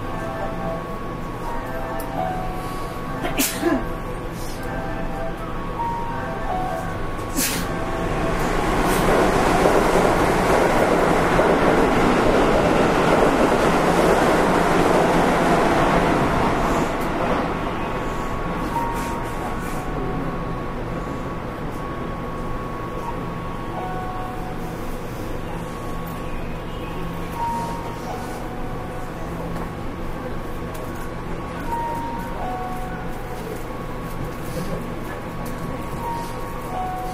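Running noise aboard a Keihan 5000 series train on a semi-express, a steady low rumble with faint tones holding beneath it. The roar swells between about 9 and 17 seconds, then settles back. Sharp clicks at about 3 and 7 seconds, with scattered brief ticks throughout.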